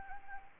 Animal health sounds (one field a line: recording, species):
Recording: mosquito wingbeat signal from an infrared sensor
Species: Anopheles gambiae